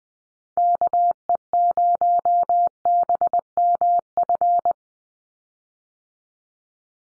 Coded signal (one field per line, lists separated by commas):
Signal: Morse code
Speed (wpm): 20 wpm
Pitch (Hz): 700 Hz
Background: none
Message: KE0BMF